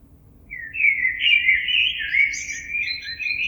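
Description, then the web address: Common blackbird singing one long, fluty, warbling phrase that breaks into high, thin squeaks near its end, over a faint low hum. Recorded on 26 April 2022. "oiseaux Merle 2022 04 26"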